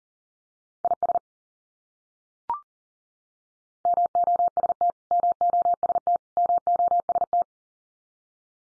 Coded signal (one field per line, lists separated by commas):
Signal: Morse code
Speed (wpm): 40 wpm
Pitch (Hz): 700 Hz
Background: none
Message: IS MOST MOST MOST